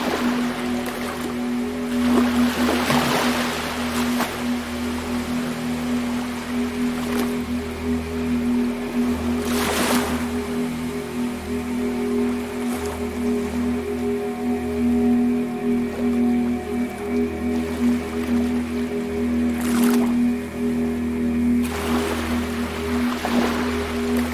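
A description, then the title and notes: Beach sounds with ambient music: a steady, sustained drone with a low, humming tone and a deep rumble underneath holds throughout. Brighter rushes of wave-like wash swell up around 3, 10, 20 and 22 seconds, then fall back. Mystery at the Beach: Exploring the Soothing Blend of Beach Sounds and Ambient Music.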